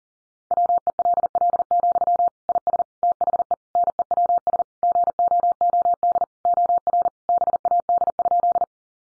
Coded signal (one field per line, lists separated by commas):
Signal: Morse code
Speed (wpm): 40 wpm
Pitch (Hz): 700 Hz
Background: none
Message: WELL, IS THE NEWS GOOD OR BAD?